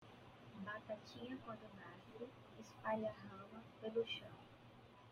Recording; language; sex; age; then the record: short text; Brazilian Portuguese; female; 30 to 39 years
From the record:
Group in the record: control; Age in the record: 30 years